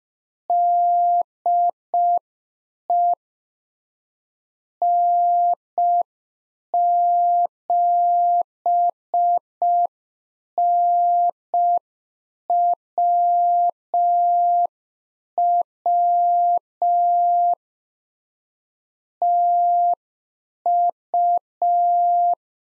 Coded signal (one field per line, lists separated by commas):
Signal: Morse code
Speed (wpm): 5 wpm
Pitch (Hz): 700 Hz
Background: none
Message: DE N7NWW TU